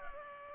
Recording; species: mosquito wingbeat signal from an infrared sensor; Culex pipiens